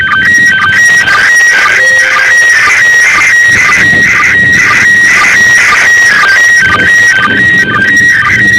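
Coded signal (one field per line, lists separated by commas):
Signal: SSTV (slow-scan television)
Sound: warbling, rhythmic tone near 1.9 kHz with repeating buzzy bursts and short low blips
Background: radio static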